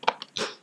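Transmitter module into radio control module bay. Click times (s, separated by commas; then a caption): 0.1 s, 0.4 s. A small plastic Crossfire Micro transmitter module, its pins lined up with the radio's module bay connector, is pushed into the radio's control module bay. Several sharp, crunchy plastic snaps are heard, with the main clicks at 0.1 s and 0.4 s. The module clips home and seats in the bay.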